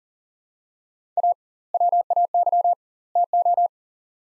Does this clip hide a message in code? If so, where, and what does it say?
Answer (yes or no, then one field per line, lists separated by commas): yes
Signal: Morse code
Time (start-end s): 1.2-3.7 s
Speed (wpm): 40 wpm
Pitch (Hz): 700 Hz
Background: none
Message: A WAY TO